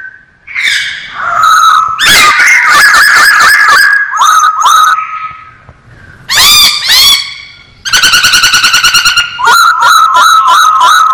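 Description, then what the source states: Masked laughingthrush song in bursts of loud, rapidly repeated harmonic notes, with pauses between phrases. Singing actively (gacor).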